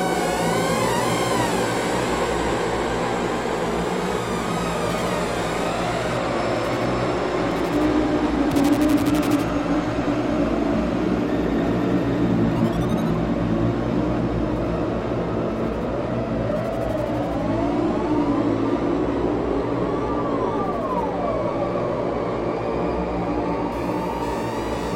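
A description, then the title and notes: Ambient drone music holds a steady, dense bed of low bass tones throughout, with gliding tones sweeping up and down above it. Bright buzzing bursts flicker briefly around nine seconds and again near thirteen seconds, while the overall loudness stays nearly constant. Long-form ambient dronemusic soundscape with binaural beats and tones weaving with underlying bassy tone.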